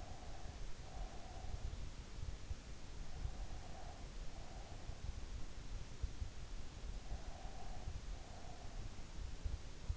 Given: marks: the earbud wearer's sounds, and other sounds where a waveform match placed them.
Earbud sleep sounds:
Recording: sounds in sleep by an in-ear microphone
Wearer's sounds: breath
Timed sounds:
0.00-1.65 s: breath
3.59-5.08 s: breath
7.34-8.77 s: breath

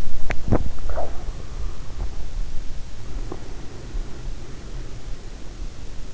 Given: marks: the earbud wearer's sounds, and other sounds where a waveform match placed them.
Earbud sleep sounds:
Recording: sounds in sleep by an in-ear microphone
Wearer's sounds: swallowing, talking in sleep, teeth grinding, breath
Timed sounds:
0.11-1.05 s: swallowing
0.59-1.43 s: talking in sleep
1.94-2.21 s: teeth grinding
2.83-6.13 s: breath
3.23-3.55 s: teeth grinding

